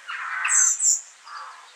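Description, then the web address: Bird calls: a short harsh, raspy note joined by a thin high squeak, then a softer second rasp, all within two seconds. "musicradar outdoor-samples Birds"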